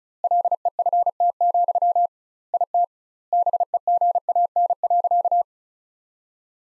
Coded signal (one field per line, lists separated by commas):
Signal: Morse code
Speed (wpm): 34 wpm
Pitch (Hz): 700 Hz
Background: none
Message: LEFT, IT BEGAN.